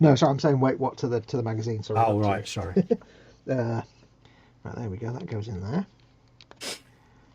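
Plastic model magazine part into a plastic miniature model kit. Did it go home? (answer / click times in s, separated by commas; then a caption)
yes / 6.4 s, 6.5 s. A small plastic magazine part is fitted into a plastic miniature model kit while someone talks. Two sharp, fast-decaying clicks at 6.4 s and 6.5 s mark the part snapping into place, and it is seated.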